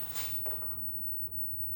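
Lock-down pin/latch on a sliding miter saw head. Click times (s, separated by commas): 0.5 s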